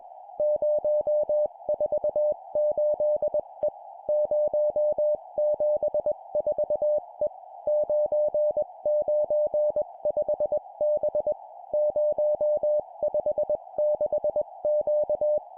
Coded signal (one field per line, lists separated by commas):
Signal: Morse code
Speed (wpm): 21 wpm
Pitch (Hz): 600 Hz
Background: music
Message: 048E 074E 995B 056Q